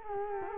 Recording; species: mosquito wingbeat signal from an infrared sensor; Culex quinquefasciatus